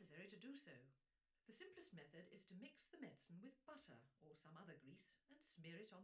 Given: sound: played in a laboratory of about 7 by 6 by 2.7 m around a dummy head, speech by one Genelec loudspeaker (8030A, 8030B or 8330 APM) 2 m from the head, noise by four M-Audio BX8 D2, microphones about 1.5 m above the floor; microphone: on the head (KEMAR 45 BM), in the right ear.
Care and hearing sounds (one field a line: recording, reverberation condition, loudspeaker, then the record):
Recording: female speech in English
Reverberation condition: low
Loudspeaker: behind (180 degrees)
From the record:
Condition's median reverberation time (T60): about 310 ms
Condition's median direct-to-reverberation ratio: about 3.5 dB